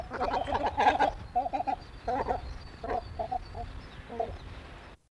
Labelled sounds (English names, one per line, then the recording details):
Great Cormorant call
Great Tit
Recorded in captivity
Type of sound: call
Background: Parus major
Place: Zoo Münster, DE
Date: 1971-02-13
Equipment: Halbspur, 9,5 cm/s
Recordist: Lütgens, Hans
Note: Ein Paar beim Nestbau